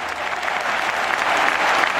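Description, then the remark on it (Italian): Steady, dense applause from many hands, a continuous bright crackle of clapping that holds at an even, fairly loud level for the full two seconds with no voices over it. “Gli applausi non sono né per loro né per me, semmai per il mio ospite di oggi che saluto e ringrazio, Enzo Bucchioni, direttore di QS.”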